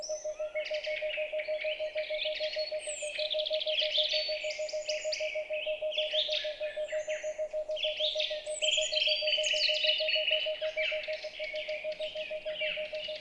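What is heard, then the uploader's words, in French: Wildlife in a mountain valley: a dense, continuous chorus of birds singing and chirping at once, bright trills and quick notes overlapping for the full length. Beneath them runs an unbroken, steady mid-pitched hum that never changes. Divers lieux dans la vallée du Maravel - divers équipements. Confinement COVID19 pendant trois mois seul avec les animaux et paysages sauvages de cette vallée du Haut-Diois.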